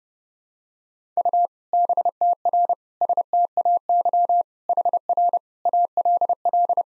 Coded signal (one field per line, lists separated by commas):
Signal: Morse code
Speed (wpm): 30 wpm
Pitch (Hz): 700 Hz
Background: none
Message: U BTR STAY HR ALL